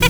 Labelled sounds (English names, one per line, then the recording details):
Zebra Finch stack call
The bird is a male
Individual mal5